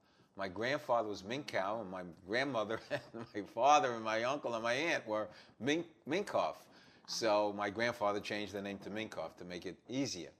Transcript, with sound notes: My grandfather was Minkow and my grandmother (laughs) and my father and my uncle and my aunt were Mink-- Minkoff. So my grandfather changed the name to Minkoff to make it easier.